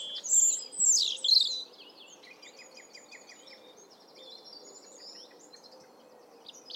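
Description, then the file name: European robin song: loud, very high twisting whistles in the first two seconds, then faint rapid high notes continuing in the background over steady low hiss. "Erithacus rubecula"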